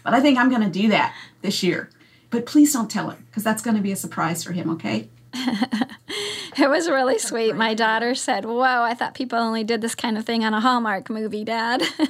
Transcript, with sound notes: But I think I’m going to do that this year, but please don’t tell him, because that’s going to be a surprise for him. Okay?
(Laughing) It was really sweet. My daughter said, “Whoa, I thought people only did this kind of thing on a Hallmark movie, Dad.”